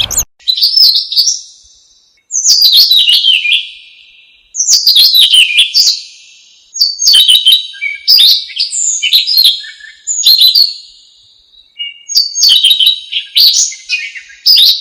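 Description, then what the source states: Bird song of loud warbled phrases repeated with short pauses between. Bird described as having a melodious voice.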